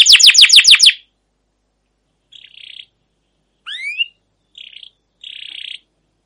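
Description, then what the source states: Canary song: a quick burst of rapid sweeping notes, then silence broken by short buzzy bursts and a single rising whistle. Canary with a long rolling 'ngerol' gacor song and 'cuit cuit' notes, used as a lure and master song to train or provoke other canaries to sing.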